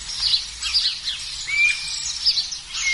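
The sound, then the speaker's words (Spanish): Several guira cuckoos (pirincho) give overlapping high, whistled calls with rising and falling slurred notes, a busy chorus of chattering cries that continues steadily throughout without any talking. “El pirincho aparenta sufrir el frío más que ninguna otra criatura, ofreciendo un aspecto miserable en invierno. Ahí lo estamos escuchando.”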